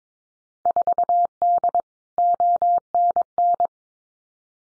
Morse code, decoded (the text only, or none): 4D ONN